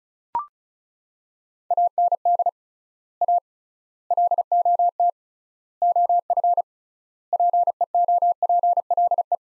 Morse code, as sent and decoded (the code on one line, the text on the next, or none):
.- -. -.. / .- / .-.. --- - / --- ..-. / .--. . --- .--. .-.. .
AND A LOT OF PEOPLE